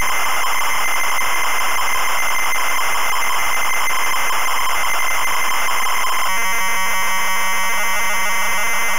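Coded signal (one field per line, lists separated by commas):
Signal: ZX Spectrum tape loading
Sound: steady hissy buzzing lead tone, then harsh rapid raspy data screech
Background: tape hiss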